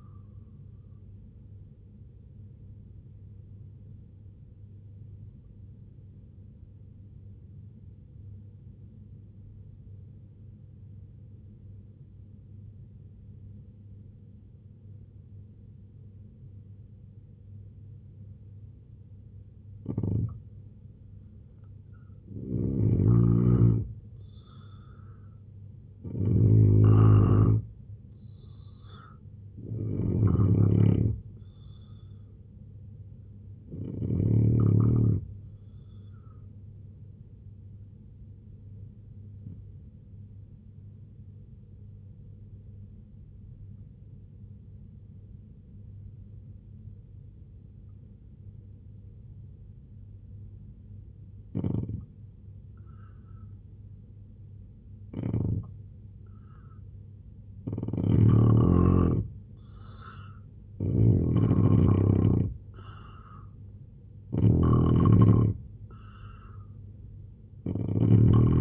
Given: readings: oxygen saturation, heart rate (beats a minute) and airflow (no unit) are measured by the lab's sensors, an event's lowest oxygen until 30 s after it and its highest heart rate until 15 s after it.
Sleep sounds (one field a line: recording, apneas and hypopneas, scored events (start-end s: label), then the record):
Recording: breathing in sleep by a smartphone at the bedside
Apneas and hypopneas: 2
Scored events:
4.00-21.00 s: obstructive apnea (N3, oxygen 95% highest, then 84% lowest, heart rate 69 at the start, 79 highest)
39.00-57.20 s: obstructive apnea (N3, oxygen 92% highest, then 81% lowest, heart rate 71 at the start, 84 highest)
From the record:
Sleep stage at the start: N3 (deep sleep)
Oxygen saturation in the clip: 82 to 95%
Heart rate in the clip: 67 to 84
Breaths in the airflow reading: 9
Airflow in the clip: -4.4 to 6.3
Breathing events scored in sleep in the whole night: 258 in 7.4 hours asleep